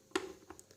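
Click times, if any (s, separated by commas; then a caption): none. A power cord plug is pushed gently into the power socket of an Artlii Play smart LED projector, giving a soft bump at 0.2 seconds followed by a few faint light taps. The plug only slides in, does not lock and cannot go deeper, so it pulls out easily. Nothing has clicked into place.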